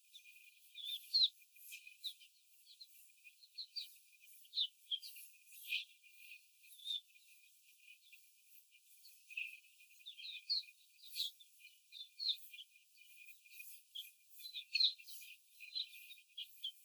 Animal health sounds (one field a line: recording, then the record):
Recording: young laying hens in a cage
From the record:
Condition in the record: before the stressor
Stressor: simulated dog barking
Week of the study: 4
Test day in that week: 1